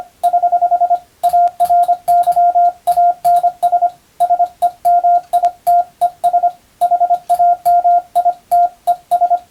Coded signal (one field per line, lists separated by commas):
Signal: Morse code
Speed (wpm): 25 wpm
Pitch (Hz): 700 Hz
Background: radio noise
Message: <HH> ARYANS SEMITES HAMITES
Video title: 無線従事者国家試験総合無線通信士電気通信術のトレーニングにＣＷを打ってみました。アマチュア無線ハムの受信練習にもどうぞ(morse code practice for radio operator )